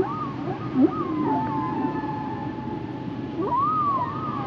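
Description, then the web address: Whale song: wavering tonal whistles near mid pitch, a long steady tone, and a sharp low upsweep, with a steady background hiss. "Natures Songs Whale Songs Whales and Dolphins - whale nature sounds songs"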